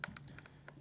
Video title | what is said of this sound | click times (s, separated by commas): Inogen G4 Column Replacement and Particle Filter Change | And then we're just going to push it back on there and make sure it locks into place there. | 0.0 s